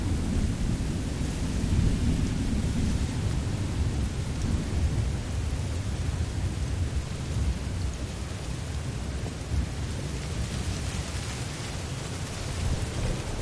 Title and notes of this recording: Spring Thunderstorms on the Plains. Rain pours, wind swirls, and thunder rumbles in the distance during a spring storm on the open plains.